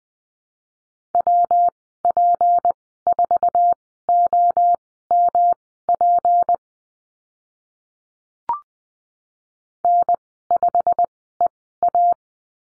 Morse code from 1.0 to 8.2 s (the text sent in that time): WP4OMP